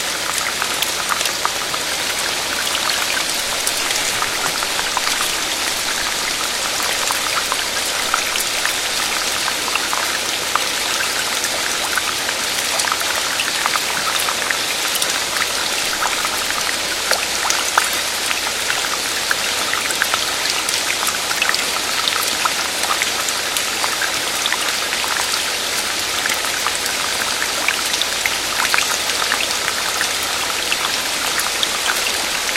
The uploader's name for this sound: The night rain in early summer